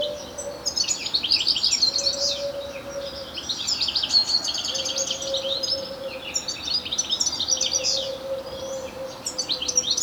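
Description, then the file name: European Goldfinch in several quick bursts of liquid, tinkling twitters, spaced by short pauses, with a recurring low humming tone below. "Carduelis carduelis"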